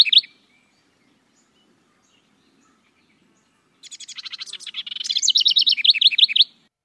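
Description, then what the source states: House wren song: a brief chirp, then after a pause a long, energetic burst of scratchy chatter ending in a bright rattling trill. Small brown bird common in Ohio backyards and across the country; song may show slight regional variation.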